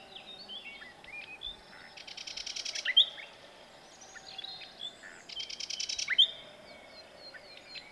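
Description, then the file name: Common nightingale song: two long phrases of rapid repeated notes swelling in loudness and ending in a sharp accent, with scattered chirps between them. "Luscinia megarhynchos"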